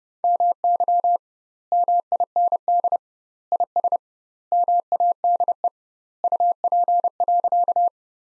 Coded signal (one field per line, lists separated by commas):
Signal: Morse code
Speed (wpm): 30 wpm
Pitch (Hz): 700 Hz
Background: none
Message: MY MIND IS MADE UP.